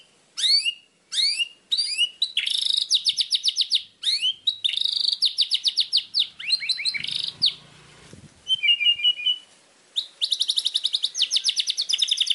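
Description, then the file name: White-rumped shama song with sweeping whistles, rapid rattling trills and a short series of soft high chirps, ending with a long fast trill. Training recording of murai batu song intended for teaching captive songbirds, known as masteran. "suara masteran murai batu"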